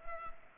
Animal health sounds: mosquito wingbeat signal from an infrared sensor; Culex pipiens

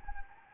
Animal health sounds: mosquito wingbeat signal from an infrared sensor; Anopheles gambiae

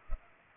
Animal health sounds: mosquito wingbeat signal from an infrared sensor; Culex pipiens

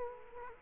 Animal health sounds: mosquito wingbeat signal from an infrared sensor; Culex quinquefasciatus

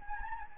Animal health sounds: mosquito wingbeat signal from an infrared sensor; Anopheles gambiae

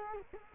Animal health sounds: mosquito wingbeat signal from an infrared sensor; Culex quinquefasciatus

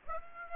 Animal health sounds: mosquito wingbeat signal from an infrared sensor; Aedes aegypti

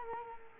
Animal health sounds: mosquito wingbeat signal from an infrared sensor; Culex quinquefasciatus

